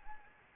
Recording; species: mosquito wingbeat signal from an infrared sensor; Anopheles arabiensis